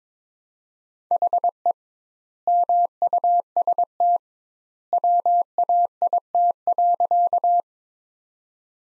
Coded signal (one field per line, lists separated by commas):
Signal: Morse code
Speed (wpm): 22 wpm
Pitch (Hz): 700 Hz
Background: none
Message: HE MUST WAIT.